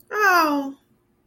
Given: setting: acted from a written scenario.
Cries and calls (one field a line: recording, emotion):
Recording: vocal sound without words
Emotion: distress